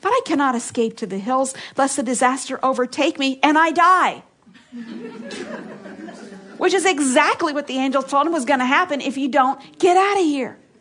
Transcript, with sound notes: But I cannot escape to the hills, lest the disaster overtake me and I die"... (laughter) which is exactly what the angels told him is going to happen, “if you don’t get out of here!”